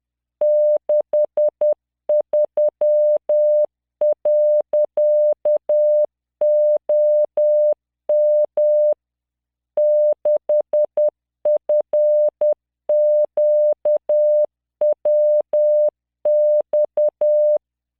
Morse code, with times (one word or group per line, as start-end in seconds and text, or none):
0.4-8.9 63.OM
9.8-17.6 6FQWX